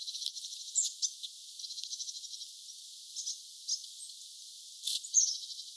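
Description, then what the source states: Long-tailed tit calls: fast rattling trills of repeated pulses, interspersed with thin high single notes and a louder burst toward the end. Several birds calling; recorded 29 August 2025.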